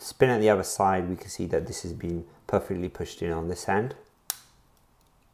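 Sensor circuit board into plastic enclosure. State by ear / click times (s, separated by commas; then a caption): seated / 4.3 s. Someone talks while pressing the circuit board of an Everything Presence One sensor into the last corner of its plastic enclosure, which needed a little more force than the other corners. A single sharp click at 4.3 s marks the board snapping into place, and it is seated.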